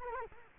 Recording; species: mosquito wingbeat signal from an infrared sensor; Culex quinquefasciatus